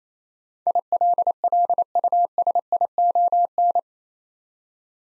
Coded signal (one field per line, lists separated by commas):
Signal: Morse code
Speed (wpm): 27 wpm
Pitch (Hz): 700 Hz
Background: none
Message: ILLUSION